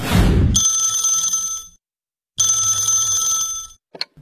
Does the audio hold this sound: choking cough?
no